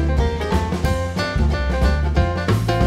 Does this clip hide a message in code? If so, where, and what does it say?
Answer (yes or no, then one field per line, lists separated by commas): no